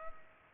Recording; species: mosquito wingbeat signal from an infrared sensor; Culex pipiens